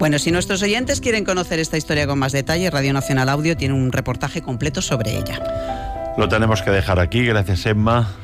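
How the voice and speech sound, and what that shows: A man speaks Spanish fluently at an even pace in a clear, steady voice with a brief trailing pause.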